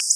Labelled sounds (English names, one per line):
Black-throated Blue Warbler flight call